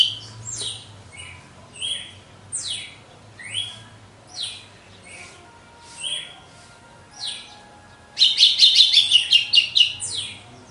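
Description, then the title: Red-cowled cardinal song: soft, descending whistled notes spaced roughly a second apart, ending in a louder fast chattering burst. Female; recorded after the moult; contest (disputa) bird. "Canto Galo Campina Fêmea. GALO DE CAMPINA DEPOIS DA MUDA (disputa)"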